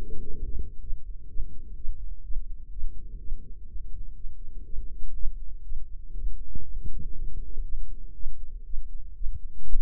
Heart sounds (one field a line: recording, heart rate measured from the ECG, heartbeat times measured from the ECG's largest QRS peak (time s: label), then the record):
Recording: heart sounds by microphone in the right ear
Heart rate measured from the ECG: 122 bpm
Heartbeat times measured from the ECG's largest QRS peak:
0.37 s: heartbeat
0.84 s: heartbeat
1.31 s: heartbeat
1.78 s: heartbeat
2.25 s: heartbeat
2.73 s: heartbeat
3.21 s: heartbeat
3.69 s: heartbeat
4.18 s: heartbeat
4.67 s: heartbeat
5.16 s: heartbeat
5.66 s: heartbeat
6.15 s: heartbeat
6.65 s: heartbeat
7.15 s: heartbeat
7.66 s: heartbeat
8.16 s: heartbeat
8.67 s: heartbeat
9.17 s: heartbeat
9.68 s: heartbeat
From the record:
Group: healthy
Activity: rest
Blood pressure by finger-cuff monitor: 153/78 mmHg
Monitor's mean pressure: 96 mmHg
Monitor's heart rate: 125 bpm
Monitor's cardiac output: 10.2 L/min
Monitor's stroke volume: 81 mL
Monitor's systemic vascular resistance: 700 dyn s/cm5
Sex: female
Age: 43 years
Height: 160 cm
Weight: 90 kg